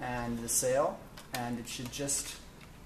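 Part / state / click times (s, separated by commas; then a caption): printed sail into sail frame piece / not seated / none. A plastic, 3D-printed sail is being handled against the 3D-printed sail frame piece of a sail car while someone talks. The sail has not snapped onto the frame yet, and nothing has seated or clicked.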